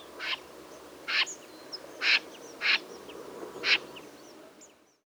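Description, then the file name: Common snipe giving five short, harsh rasping calls at uneven intervals over about four seconds, with faint thin chirps of other birds behind. "Bécassine-des-marais"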